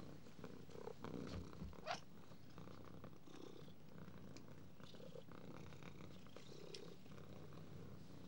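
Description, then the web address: Domestic cat purring: a continuous low, throbbing rumble with a faint brief scrape near two seconds. "The BBC Sound Effects Library. Cat"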